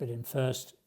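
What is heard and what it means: Someone briefly talks while a plastic rear bulb cover for a Porsche 981 Boxster headlight unit is handled and lined up by its small feet against the back of the headlight housing, ready to be pressed on. Only speech is heard, with no click or impact sound. Nothing has seated or clicked yet.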